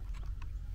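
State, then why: Seated. The quick release plate on the foot of a long telephoto lens is dropped into the quick release clamp of an iFootage Cobra 2 C180 II monopod foot after its red release lever is pulled down. A short, sharp hit at 0.4 s is heard as the plate seats, over a low steady rumble, and the plate is locked into place.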